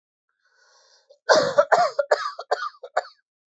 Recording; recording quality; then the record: heavy voluntary cough; excellent, no background noise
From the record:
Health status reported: healthy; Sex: male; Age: 30 years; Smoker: yes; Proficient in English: yes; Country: India